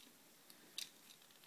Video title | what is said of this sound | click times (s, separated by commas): TRANSFORMERS FALL OF CYBERTRON OPTIMUS PRIME FOC FIRST REVIEW | or two clicks rather. So that one. | 0.5 s, 0.8 s